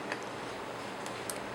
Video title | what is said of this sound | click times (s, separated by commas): Porsche 997 HID Fog Light Installation Guide by USP Motorsports | You'll hear it click. | 1.3 s